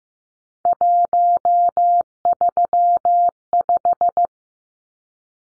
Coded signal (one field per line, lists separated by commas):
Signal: Morse code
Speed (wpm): 15 wpm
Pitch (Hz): 700 Hz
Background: none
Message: 135